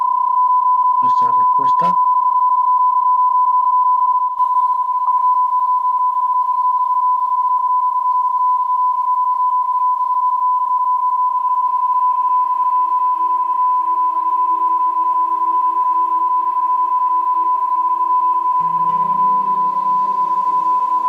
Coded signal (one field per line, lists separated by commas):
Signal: PSK31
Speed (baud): 31.25 baud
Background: speech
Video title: CURSO BÁSICO MULTIPSK Capítulo 4 - Los modos PSK (BPSK - QPSK)